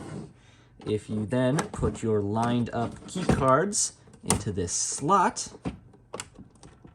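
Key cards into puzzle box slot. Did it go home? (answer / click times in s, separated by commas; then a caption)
yes / 6.2 s. Lined-up plastic key cards are pushed into a slot in a puzzle box while someone talks. A little click is heard at 6.2 seconds as the cards seat in the slot.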